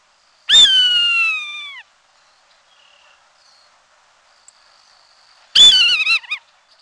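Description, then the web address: Swainson's Hawk uttering two harsh, drawn-out screams several seconds apart; the first slurs gently downward, the second is shorter with a wavering, broken ending. "Peterson North American Birds"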